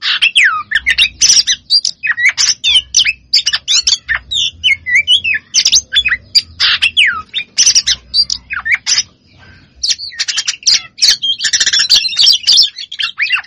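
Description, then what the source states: Lovebird chattering song, dense shrill chirps and harsh squeaky notes in rapid succession, with a short lull around nine seconds before resuming. Long chattering song (ngekek panjang), used as a training master for other birds.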